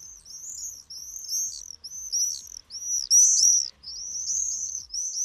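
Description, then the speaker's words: Common Swift screams: shrill, high buzzing trills repeated in bursts about every second, with faint low thumps beneath. "Heute geht es um den Mauersegler. Einmal zuhören, so klingt der."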